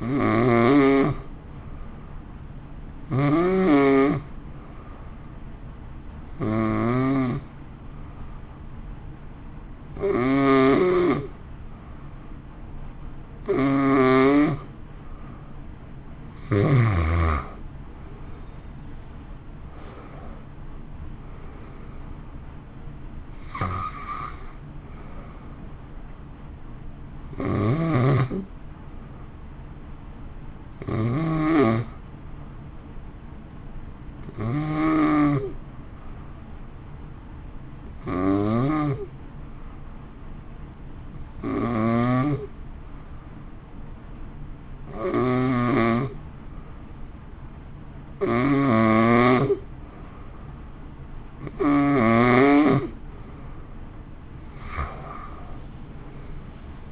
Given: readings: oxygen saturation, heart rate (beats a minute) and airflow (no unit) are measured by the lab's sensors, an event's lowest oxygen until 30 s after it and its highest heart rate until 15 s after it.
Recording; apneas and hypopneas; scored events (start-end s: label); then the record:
breathing in sleep by a smartphone at the bedside; 2
4.00-15.40 s: hypopnea (N2, oxygen 91% highest, then 89% lowest)
6.00-36.00 s: new sleep stage, N1 (lightest sleep)
27.00-51.00 s: hypopnea (N1, oxygen 94% highest, then 89% lowest, heart rate 57 at the start, 60 highest)
36.00-56.91 s: new sleep stage, N2 (light sleep)
From the record:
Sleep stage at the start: N2 (light sleep); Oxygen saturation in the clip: 88 to 94%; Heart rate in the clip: 54 to 60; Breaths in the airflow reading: 17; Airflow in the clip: -1.8 to 3.3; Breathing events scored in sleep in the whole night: 328 in 6.3 hours asleep